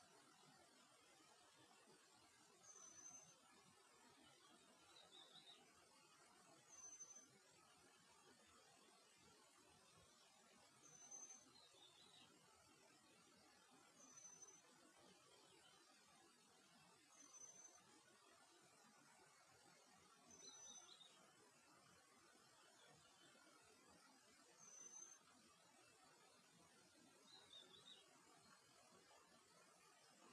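A stream rushes in a steady, dense hiss while a bird repeats a short, high chirp every three or four seconds.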